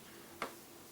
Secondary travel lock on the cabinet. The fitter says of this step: there's another extra lock good